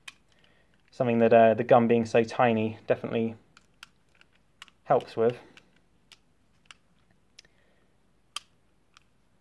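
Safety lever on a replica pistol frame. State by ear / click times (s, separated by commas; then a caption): seated / 8.4 s. Someone talks while thumbing the small safety lever on the frame of a Western Arms Beretta M1934 airsoft replica pistol, with soft mechanical ticks in between. The lever is nicely sprung, and spring force from the recoil rod makes it click sharply into place at 8.4 s.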